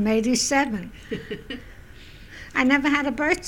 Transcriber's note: they laugh